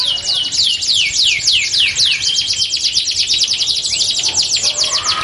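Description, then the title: Belgian canary song, series of quick downward-sweeping notes repeated several times per second, merging into a dense buzzy trill. Belgian canary song used to warm up canaries and prompt them to sing along within seconds. "Canto Para Esquentar Canário Belga. LANGSUNG NYAUT. Pancingan suara kenari hitungan detik langsung ikut bunyi"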